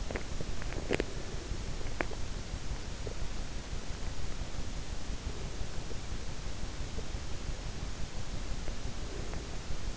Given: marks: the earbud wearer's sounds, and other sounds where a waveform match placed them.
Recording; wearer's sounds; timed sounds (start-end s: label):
sounds in sleep by an in-ear microphone; teeth grinding
0.00-2.26 s: teeth grinding